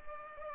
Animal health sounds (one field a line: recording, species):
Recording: mosquito wingbeat signal from an infrared sensor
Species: Culex pipiens